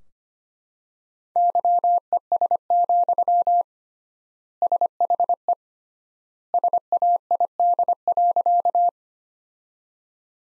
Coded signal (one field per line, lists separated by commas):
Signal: Morse code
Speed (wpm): 25 wpm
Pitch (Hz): 700 Hz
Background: none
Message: YES, SHE SAID.